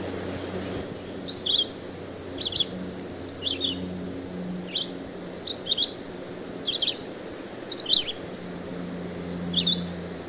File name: Red-eyed Vireo